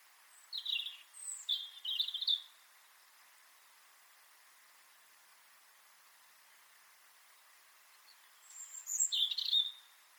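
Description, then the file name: European robin song in two phrases, high warbled and trilled notes at first, then after a pause a squeaky, tumbling phrase. "Erithacus rubecula"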